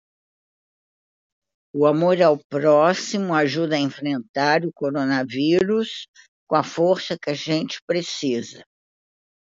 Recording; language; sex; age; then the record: spoken sentence; Brazilian Portuguese; female; 60 to 69 years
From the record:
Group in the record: control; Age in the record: 65 years